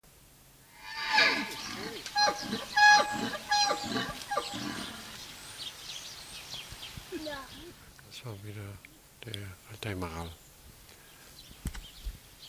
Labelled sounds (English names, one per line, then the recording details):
Wapiti call
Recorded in captivity
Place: Tierpark Berlin, Berlin, DE
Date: 1983-10-01 11:25
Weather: sunny, 3-10 °C, light winds
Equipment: Nagra SN, Kopie Uher 4000 Report Monitor
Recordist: Tembrock, Günter